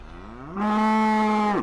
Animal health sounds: contact call of a hoofed animal; cattle; low-frequency (closed-mouth) or high-frequency (open-mouth) call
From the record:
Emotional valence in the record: negative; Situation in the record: full separation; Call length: 1.63 s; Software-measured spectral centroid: 1910 Hz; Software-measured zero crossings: 1280 a second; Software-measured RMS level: -23 dBFS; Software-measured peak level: -17 dBFS

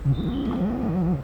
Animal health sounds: contact call of a hoofed animal; goat; low-frequency (closed-mouth) or high-frequency (open-mouth) call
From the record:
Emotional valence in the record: negative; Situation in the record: short social isolation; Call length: 1.24 s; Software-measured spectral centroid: 1050 Hz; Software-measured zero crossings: 530 a second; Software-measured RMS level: -24 dBFS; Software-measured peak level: -12 dBFS

